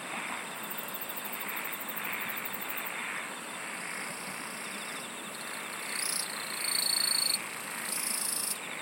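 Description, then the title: Insects in a continuous chorus; one steady, piercing high trill swells louder near the end over the pulsing background buzz. "SINGING OF INSECTS"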